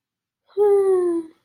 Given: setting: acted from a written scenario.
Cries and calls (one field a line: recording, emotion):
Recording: vocal sound without words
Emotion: sympathy